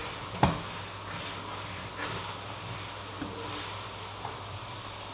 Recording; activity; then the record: daily activity, microphone in the room; vacuum cleaning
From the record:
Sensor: 1